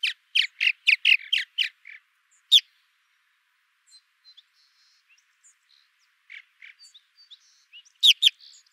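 Purple martin calls: a quick run of harsh, throaty chirps over the first two seconds, one loud note, soft scattered notes, then a sharp pair near the end.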